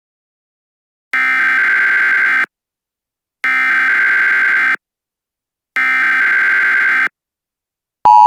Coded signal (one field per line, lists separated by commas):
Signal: Emergency Alert System (SAME) tones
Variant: header bursts